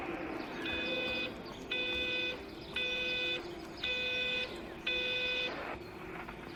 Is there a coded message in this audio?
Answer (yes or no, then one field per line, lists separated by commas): no